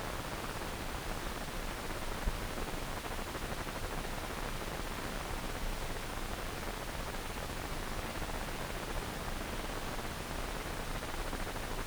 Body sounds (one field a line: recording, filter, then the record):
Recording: brain microelectrode recording played as sound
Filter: wide band, above 20 Hz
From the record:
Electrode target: subthalamic nucleus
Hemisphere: left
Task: reaching with the right hand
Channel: 1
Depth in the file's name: 1.267 mm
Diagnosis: Parkinson's disease